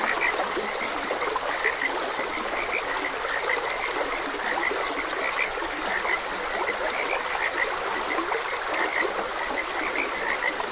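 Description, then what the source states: Frog chorus of overlapping short croaks repeating steadily, accompanied by the continuous sound of a gently running stream. Several frogs croaking beside a gentle stream.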